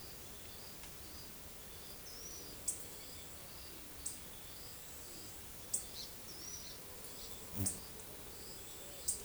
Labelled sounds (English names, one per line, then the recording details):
none
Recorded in forest near Pivijay, Magdalena, Colombia, on 15 April 2023 at 17:30
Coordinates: 10.467, -74.380
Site Z5-G034